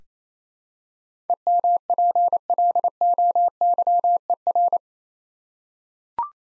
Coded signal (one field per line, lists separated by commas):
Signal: Morse code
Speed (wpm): 28 wpm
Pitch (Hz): 700 Hz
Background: none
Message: EMPLOYER